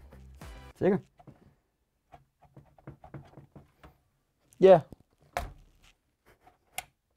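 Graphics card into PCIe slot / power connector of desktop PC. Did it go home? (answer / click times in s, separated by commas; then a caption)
yes / 5.4 s, 6.8 s. A new graphics card is fitted into the PCIe slot and power connector of a small desktop PC build while someone talks. Two sharp clicks ring out at 5.4 s and 6.8 s. The card is seated.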